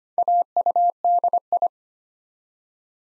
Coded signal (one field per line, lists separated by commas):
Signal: Morse code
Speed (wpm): 25 wpm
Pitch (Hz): 700 Hz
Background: none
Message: AUDI